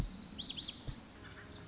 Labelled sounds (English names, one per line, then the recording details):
Lazuli Bunting
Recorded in Sonoma County, California